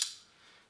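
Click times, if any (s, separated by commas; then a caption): 0.0 s. A top-tube adapter clamp for carrying a bike on a hitch rack engages on a bike frame tube with a sharp, bright click at 0.0 s that fades over the next fraction of a second. A faint, dull low knock follows at about 0.7 s. The clamp is seated.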